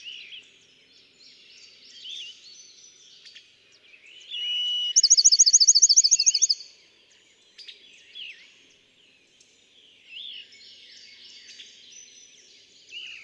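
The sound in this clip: Bachman's sparrow song: one whistled note running into a quick, even trill at midway, with softer slurred notes before and after.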